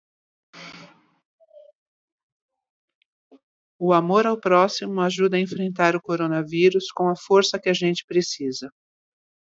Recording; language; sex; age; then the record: spoken sentence; Brazilian Portuguese; female; 50 to 59 years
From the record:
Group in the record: control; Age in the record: 59 years